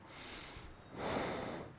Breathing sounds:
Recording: one breath in and out by a microphone near the nose and mouth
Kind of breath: normal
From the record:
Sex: male

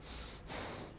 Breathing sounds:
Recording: one breath in and out by a microphone near the nose and mouth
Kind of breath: strong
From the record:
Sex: male

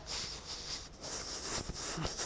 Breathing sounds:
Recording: one breath in and out by a microphone near the nose and mouth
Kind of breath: strong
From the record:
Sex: male

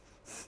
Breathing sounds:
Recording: one breath in and out by a microphone near the nose and mouth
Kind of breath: strong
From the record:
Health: marked as sick, illness not named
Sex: female

